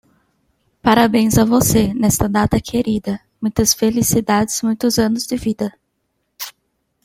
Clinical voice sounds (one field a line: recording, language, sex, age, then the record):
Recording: short text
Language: Brazilian Portuguese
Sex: female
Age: 20 to 29 years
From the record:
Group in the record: control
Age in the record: 21 years